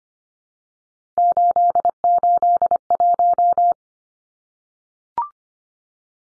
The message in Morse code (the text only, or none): 881